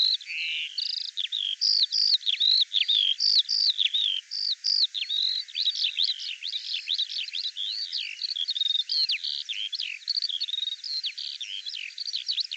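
Bird song, a long rambling run of high chirps and downslurs, nearly unbroken throughout.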